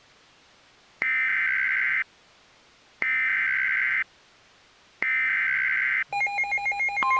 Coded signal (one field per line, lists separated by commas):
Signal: Emergency Alert System (SAME) tones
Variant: header bursts